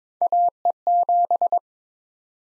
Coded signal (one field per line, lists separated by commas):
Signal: Morse code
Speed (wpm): 22 wpm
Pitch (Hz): 700 Hz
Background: none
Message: AE7